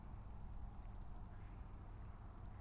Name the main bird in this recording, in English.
Mallard